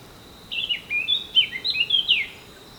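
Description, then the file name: Eurasian blackcap song, a rapid warbling phrase of varied sweet chirps and trills lasting under two seconds, over a steady high-pitched background hum. "Sylvia atricapilla"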